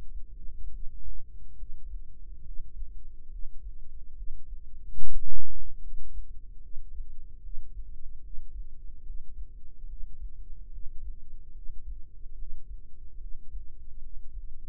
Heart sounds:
heart sounds by microphone in the right ear; 72 bpm
0.67 s: heartbeat
1.54 s: heartbeat
2.40 s: heartbeat
3.27 s: heartbeat
4.12 s: heartbeat
4.95 s: heartbeat
5.77 s: heartbeat
6.58 s: heartbeat
7.38 s: heartbeat
8.18 s: heartbeat
9.00 s: heartbeat
9.84 s: heartbeat
10.67 s: heartbeat
11.50 s: heartbeat
12.33 s: heartbeat
13.15 s: heartbeat
13.97 s: heartbeat
From the record:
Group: healthy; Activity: breath hold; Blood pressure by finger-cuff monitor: 103/67 mmHg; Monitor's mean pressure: 80 mmHg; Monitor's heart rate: 73 bpm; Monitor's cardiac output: 5.9 L/min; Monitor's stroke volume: 82 mL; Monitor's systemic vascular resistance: 990 dyn s/cm5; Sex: female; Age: 26 years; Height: 165 cm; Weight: 55 kg

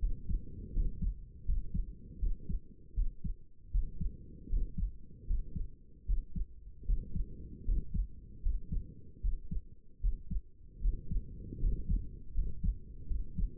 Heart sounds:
heart sounds by stethoscope; 78 bpm
0.72 s: heartbeat
1.45 s: heartbeat
2.19 s: heartbeat
2.94 s: heartbeat
3.71 s: heartbeat
4.48 s: heartbeat
5.26 s: heartbeat
6.05 s: heartbeat
6.85 s: heartbeat
7.64 s: heartbeat
8.41 s: heartbeat
9.20 s: heartbeat
10.00 s: heartbeat
10.80 s: heartbeat
11.59 s: heartbeat
12.33 s: heartbeat
13.07 s: heartbeat
From the record:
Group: healthy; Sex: male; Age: 35 years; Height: 180 cm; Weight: 86.9 kg

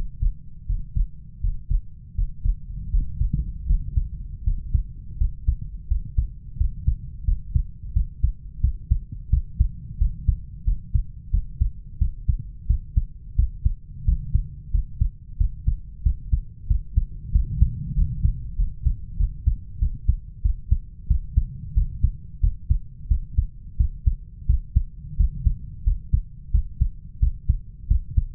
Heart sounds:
heart sounds by stethoscope; 88 bpm
0.68 s: heartbeat
1.43 s: heartbeat
2.17 s: heartbeat
2.92 s: heartbeat
3.68 s: heartbeat
4.46 s: heartbeat
5.20 s: heartbeat
5.90 s: heartbeat
6.59 s: heartbeat
7.27 s: heartbeat
7.95 s: heartbeat
8.63 s: heartbeat
9.32 s: heartbeat
10.00 s: heartbeat
10.66 s: heartbeat
11.33 s: heartbeat
12.01 s: heartbeat
12.69 s: heartbeat
13.38 s: heartbeat
14.07 s: heartbeat
14.73 s: heartbeat
15.40 s: heartbeat
16.05 s: heartbeat
16.69 s: heartbeat
17.34 s: heartbeat
17.97 s: heartbeat
18.58 s: heartbeat
19.19 s: heartbeat
19.81 s: heartbeat
20.44 s: heartbeat
21.10 s: heartbeat
21.76 s: heartbeat
22.43 s: heartbeat
23.10 s: heartbeat
23.79 s: heartbeat
24.49 s: heartbeat
25.19 s: heartbeat
25.86 s: heartbeat
26.54 s: heartbeat
27.22 s: heartbeat
27.90 s: heartbeat
From the record:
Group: healthy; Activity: rest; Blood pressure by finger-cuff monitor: 130/83 mmHg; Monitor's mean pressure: 100 mmHg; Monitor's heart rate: 87 bpm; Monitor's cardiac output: 7.3 L/min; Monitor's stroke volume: 82 mL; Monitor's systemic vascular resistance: 1010 dyn s/cm5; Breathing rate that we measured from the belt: 16 breaths a minute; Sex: male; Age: 21 years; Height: 175 cm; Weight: 72.6 kg

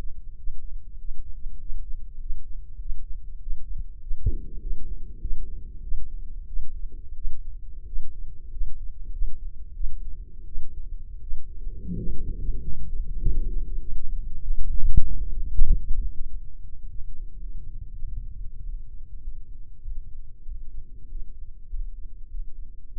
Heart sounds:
heart sounds by microphone in the left ear; 96 bpm
0.34 s: heartbeat
0.95 s: heartbeat
1.56 s: heartbeat
2.17 s: heartbeat
2.77 s: heartbeat
3.37 s: heartbeat
3.98 s: heartbeat
4.58 s: heartbeat
5.19 s: heartbeat
5.80 s: heartbeat
6.45 s: heartbeat
7.13 s: heartbeat
7.84 s: heartbeat
8.49 s: heartbeat
9.10 s: heartbeat
9.72 s: heartbeat
10.44 s: heartbeat
11.20 s: heartbeat
11.95 s: heartbeat
12.60 s: heartbeat
13.18 s: heartbeat
13.79 s: heartbeat
14.39 s: heartbeat
15.00 s: heartbeat
15.65 s: heartbeat
16.27 s: heartbeat
16.88 s: heartbeat
17.48 s: heartbeat
18.06 s: heartbeat
18.62 s: heartbeat
19.20 s: heartbeat
19.81 s: heartbeat
20.44 s: heartbeat
21.08 s: heartbeat
21.68 s: heartbeat
22.28 s: heartbeat
22.89 s: heartbeat
From the record:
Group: healthy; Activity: Valsalva maneuver 0-3 s, rest 3-23 s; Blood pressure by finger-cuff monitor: 126/86 mmHg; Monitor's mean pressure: 99 mmHg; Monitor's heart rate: 99 bpm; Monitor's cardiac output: 6.8 L/min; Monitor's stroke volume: 71 mL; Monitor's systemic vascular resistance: 1050 dyn s/cm5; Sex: male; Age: 21 years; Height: 180 cm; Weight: 67.5 kg

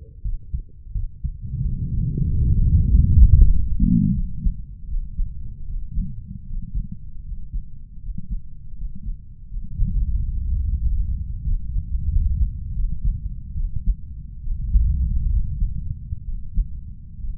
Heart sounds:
heart sounds by stethoscope; 81 bpm
0.22 s: heartbeat
0.92 s: heartbeat
1.62 s: heartbeat
2.27 s: heartbeat
2.90 s: heartbeat
3.50 s: heartbeat
4.14 s: heartbeat
4.88 s: heartbeat
5.67 s: heartbeat
6.47 s: heartbeat
7.25 s: heartbeat
8.02 s: heartbeat
8.77 s: heartbeat
9.50 s: heartbeat
10.18 s: heartbeat
10.82 s: heartbeat
11.44 s: heartbeat
12.10 s: heartbeat
12.74 s: heartbeat
13.54 s: heartbeat
14.41 s: heartbeat
15.29 s: heartbeat
16.23 s: heartbeat
17.18 s: heartbeat
From the record:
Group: healthy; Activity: Valsalva maneuver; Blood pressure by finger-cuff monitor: 121/50 mmHg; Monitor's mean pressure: 71 mmHg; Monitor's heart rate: 77 bpm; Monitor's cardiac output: 7.8 L/min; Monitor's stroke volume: 98 mL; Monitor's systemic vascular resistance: 520 dyn s/cm5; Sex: female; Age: 32 years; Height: 168 cm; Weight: 61.9 kg

